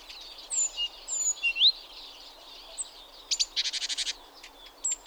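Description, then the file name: Great tit calls: thin upslurred whistled notes and higher squeaks, then a quick buzzy chattering burst near the end. "Parus major"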